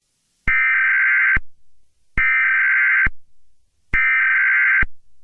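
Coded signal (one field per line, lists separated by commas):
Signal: Emergency Alert System (SAME) tones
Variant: header bursts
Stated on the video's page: Fictional EAS scenario, not a real alert.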